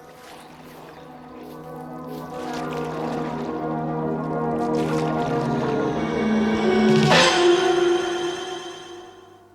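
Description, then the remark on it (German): A boat being rowed through water, with drawn-out creaking, groaning tones from the oars over a steady watery wash, swelling louder toward a sharp splash near the end, with no talking. “Sie können jetzt rudern.”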